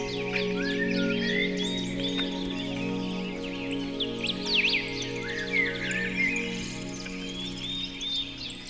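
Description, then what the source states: Birds produce lively chirps, trills and sweeping whistles in chorus, with sustained music tones in the background. Birdsong mixed with music.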